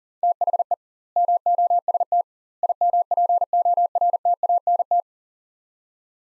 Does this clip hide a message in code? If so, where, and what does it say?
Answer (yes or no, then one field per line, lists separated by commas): yes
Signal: Morse code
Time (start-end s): 0.2-5.0 s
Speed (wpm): 40 wpm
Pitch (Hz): 700 Hz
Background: none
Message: THE MOST IMPORTANT